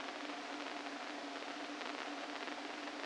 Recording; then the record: brain microelectrode recording played as sound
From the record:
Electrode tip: inside the subthalamic nucleus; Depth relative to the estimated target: -2 mm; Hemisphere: left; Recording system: NeuroSet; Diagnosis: Parkinson's disease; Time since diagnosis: 13 years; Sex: male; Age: 49 years